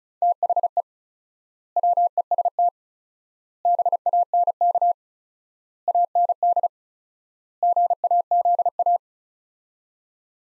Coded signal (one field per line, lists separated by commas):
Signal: Morse code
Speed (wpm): 34 wpm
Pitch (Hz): 700 Hz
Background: none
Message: THE WEST BANK AND GAZA